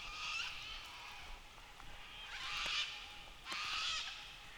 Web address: NOISE ON EARTH Vol 7 AUSTRALIA Les Cartes Postales Sonores Cocatoes of Nightcap NP